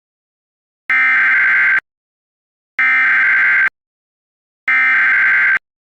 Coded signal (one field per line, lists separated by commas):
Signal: Emergency Alert System (SAME) tones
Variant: header bursts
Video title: EAS Scenario 16: Cat Entity's Return